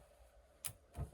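A window stay latch in the window frame of a 2018 Bessacarr 584 caravan is pushed out and then released. A sharp, bright click of the latch seating sounds at 0.7 s, followed by a softer, duller low thud around 0.95 s. The latch is confirmed to have clicked and seated, holding the window in position.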